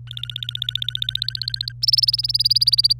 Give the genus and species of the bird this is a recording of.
Serinus canaria